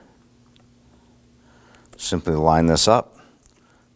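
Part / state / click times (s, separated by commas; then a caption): chrome strip into bumper lower grille trim molding / not seated / none. A chrome trim strip for a 2003-2014 Volvo XC90 is lined up on the plastic lower grille trim molding of the bumper, which it fits only one way, before being pressed in. Faint taps and handling ticks are heard while someone talks. Nothing has seated or clicked yet.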